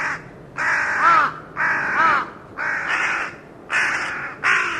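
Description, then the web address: Bird repeating several rough, nasal caws in steady succession, each lasting about half a second, with short gaps between them. Call rendered as "co co co co". "Deverinetal 2025 File origin Bird Only"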